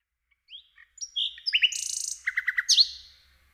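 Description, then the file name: Common nightingale song: a few soft opening notes, then a rich phrase of chirps, a buzzy section and a series of rapid repeated notes, ending on a slurred note. "Slowik rdzawy"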